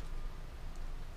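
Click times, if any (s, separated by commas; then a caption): none. Wire crimp terminals are being handled for a plastic multi-pin motorcycle wiring connector housing, to be pushed in one by one with matching colors until each clicks as it locks. Only low, steady background noise is heard. No terminal has seated or clicked yet.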